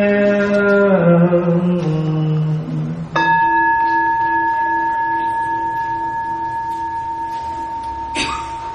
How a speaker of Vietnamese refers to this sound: Tiếng chuông hiền diệu đưa về nhân tâm.